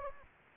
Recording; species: mosquito wingbeat signal from an infrared sensor; Anopheles gambiae